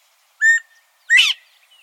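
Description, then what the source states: Northern Bobwhite giving its whistled two-note call, an even opening note and then a loud upward-sweeping second note, against a quiet background. Recorded in Texas; the call is described as unmistakable and as the source of the bird's name.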